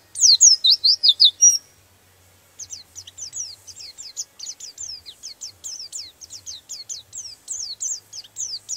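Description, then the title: White-eye: a loud burst of high sweeping chirps, then a long, softer series of rapid twittering notes continuing steadily. "Pleci"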